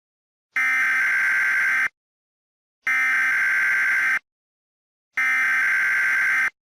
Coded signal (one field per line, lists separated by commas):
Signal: Emergency Alert System (SAME) tones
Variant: header bursts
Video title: EAS